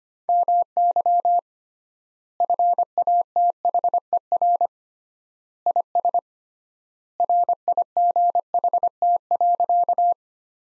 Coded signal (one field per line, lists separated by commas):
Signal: Morse code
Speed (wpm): 25 wpm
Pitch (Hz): 700 Hz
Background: none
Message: MY FATHER IS RIGHT.